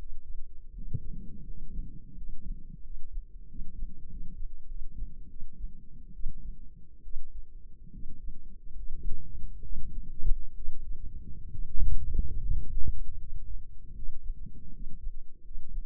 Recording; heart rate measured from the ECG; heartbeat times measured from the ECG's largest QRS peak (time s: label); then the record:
heart sounds by microphone in the left ear; 78 bpm
0.71 s: heartbeat
1.41 s: heartbeat
2.13 s: heartbeat
2.80 s: heartbeat
3.45 s: heartbeat
4.06 s: heartbeat
4.64 s: heartbeat
5.26 s: heartbeat
6.11 s: heartbeat
7.00 s: heartbeat
7.89 s: heartbeat
8.73 s: heartbeat
9.59 s: heartbeat
10.52 s: heartbeat
11.48 s: heartbeat
12.38 s: heartbeat
13.16 s: heartbeat
13.92 s: heartbeat
14.70 s: heartbeat
15.41 s: heartbeat
From the record:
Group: healthy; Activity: rest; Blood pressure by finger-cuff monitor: 127/74 mmHg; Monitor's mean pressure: 89 mmHg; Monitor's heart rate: 77 bpm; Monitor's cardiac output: 5.4 L/min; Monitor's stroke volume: 69 mL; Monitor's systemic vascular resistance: 1110 dyn s/cm5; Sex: male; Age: 20 years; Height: 167 cm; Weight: 61 kg